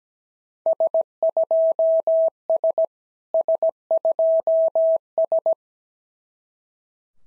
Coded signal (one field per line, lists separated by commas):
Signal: Morse code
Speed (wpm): 15 wpm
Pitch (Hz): 650 Hz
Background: none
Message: S2S S2S